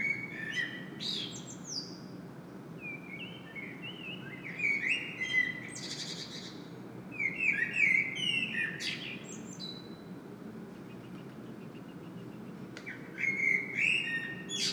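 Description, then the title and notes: Common blackbird delivering several separate song phrases, each a low fluted warble that ends in squeaky high twitters, with pauses between, over faint continuous background noise. Singing bird in Saint-Gilles, Belgium; recorded with a Sony PCM-M10 internal microphone. "Saint-Gilles, Belgique - Blackbird singing. Le merle chante"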